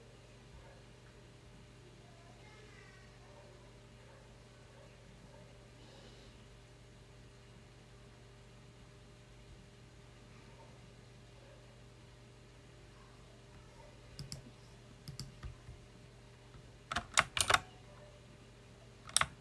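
A loud mechanical keyboard in a close-up recording, quiet for the first fourteen seconds apart from a steady low hum. Then sharp clacks come in small bursts, with the loudest keystrokes clustered around seventeen seconds and a final hard strike at the end.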